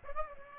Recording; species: mosquito wingbeat signal from an infrared sensor; Aedes aegypti